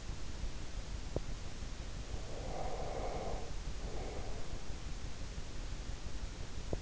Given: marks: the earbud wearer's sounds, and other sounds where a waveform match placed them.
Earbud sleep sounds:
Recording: sounds in sleep by an in-ear microphone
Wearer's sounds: teeth grinding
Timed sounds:
0.93-1.39 s: teeth grinding
2.30-4.82 s: sound from someone else or the room
6.62-6.81 s: teeth grinding

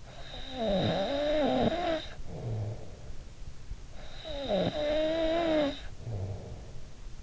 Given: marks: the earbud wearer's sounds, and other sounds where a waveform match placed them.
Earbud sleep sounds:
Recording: sounds in sleep by an in-ear microphone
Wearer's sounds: snoring breath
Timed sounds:
0.00-3.29 s: snoring breath
3.69-7.23 s: snoring breath

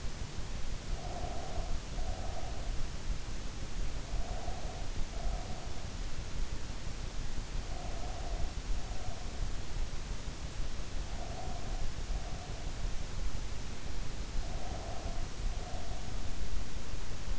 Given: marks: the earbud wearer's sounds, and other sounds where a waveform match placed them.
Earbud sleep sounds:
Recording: sounds in sleep by an in-ear microphone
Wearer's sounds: breath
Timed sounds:
0.64-2.82 s: breath
3.78-5.88 s: breath
7.46-9.59 s: breath
11.01-12.94 s: breath
14.27-16.34 s: breath

